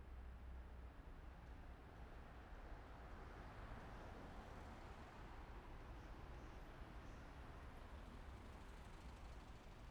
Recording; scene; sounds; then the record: everyday scene through a hearing-aid microphone; in traffic; traffic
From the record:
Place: main city hub, rush hour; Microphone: behind the ear, right, rear